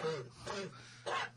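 Three short, harsh cough bursts in under a second and a half from an adult man, the first partly voiced with a throaty, throat-clearing quality, heard off-microphone in a small room. He has been sick for weeks.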